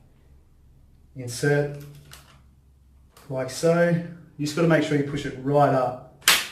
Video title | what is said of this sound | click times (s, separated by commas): Milwaukee Fuel D-handle Jigsaw Review | it's clicked into place it's good to go | 6.3 s